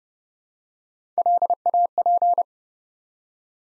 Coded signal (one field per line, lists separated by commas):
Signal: Morse code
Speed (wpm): 32 wpm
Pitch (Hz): 700 Hz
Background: none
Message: LAP